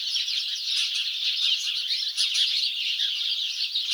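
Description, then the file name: House sparrows chirping loudly, a thick wash of repeated short, squeaky chirps from several birds at once, continuous from start to finish. "Passer domesticus"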